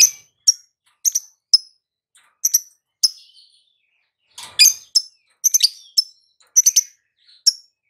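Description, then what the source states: Lovebird gives sharp, high, isolated chirps in irregular bursts, some doubled, with a cluster of quicker harsher notes midway. Konslet-style lovebird song, used for training other birds.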